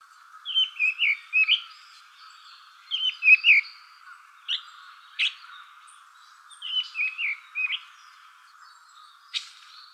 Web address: birdenaga sousityou